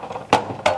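A glass cartridge fuse is pried up and out of its spring clip holder on a hot tub control board. Two sharp pops are heard at 0.3 s and 0.7 s as it leaves the clips. The fuse is released from the holder.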